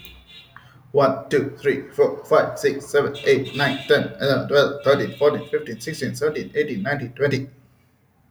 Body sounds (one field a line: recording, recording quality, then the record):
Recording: counting at a fast pace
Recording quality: excellent, no background noise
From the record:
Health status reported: healthy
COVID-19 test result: negative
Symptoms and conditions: none ticked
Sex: male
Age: 27 years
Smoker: not ticked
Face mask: not worn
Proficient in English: yes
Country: India